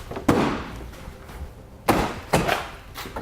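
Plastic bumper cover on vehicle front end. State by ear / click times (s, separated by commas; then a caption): seated / 0.3 s. A plastic front bumper cover on a 2016 Jeep Cherokee is pushed into place against the body while a Roadmaster Crossbar-Style Base Plate Kit is being set up. It snaps in with a sharp plastic click at 0.3 s, followed by more thumps around 1.9 s and 2.3 s and light taps near the end. The bumper cover is seated back in place.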